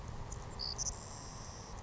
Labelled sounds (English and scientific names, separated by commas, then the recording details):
Savannah Sparrow (Passerculus sandwichensis)
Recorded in Sonoma County, California